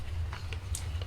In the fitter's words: so you have to pop this in all the way so it's like two clicks and it goes in